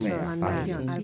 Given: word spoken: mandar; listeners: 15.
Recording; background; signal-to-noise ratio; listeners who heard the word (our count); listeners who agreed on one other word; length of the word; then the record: one Spanish word in noise, from a listening test; four-talker babble; -2.6 dB; 4 of 15; 6 of 15; 0.63 s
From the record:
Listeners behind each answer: 6, 4, 2, 1, 1, 1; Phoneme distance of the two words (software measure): 7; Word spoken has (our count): 2 syllables, 6 phonemes, stress on syllable 2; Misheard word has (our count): 2 syllables, 5 phonemes, stress on syllable 2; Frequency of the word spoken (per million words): 10.71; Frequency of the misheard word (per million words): 32.65